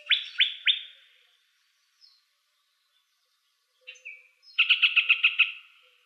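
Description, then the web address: Yellow-breasted Chat song of three sharp down-slurred whistles, a short buzzy note, then a fast series of about seven bright clipped notes. Arizona Field Ornithologists sound library recording filed under other warblers; apparently recorded 24 April 2004. "Sound Library Other Warblers AZFO YBCH deviche 042404"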